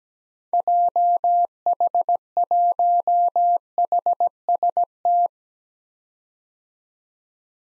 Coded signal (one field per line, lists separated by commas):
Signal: Morse code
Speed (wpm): 17 wpm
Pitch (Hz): 700 Hz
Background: none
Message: JH1HST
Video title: 2023 POTA Activator Call Signs - 17wpm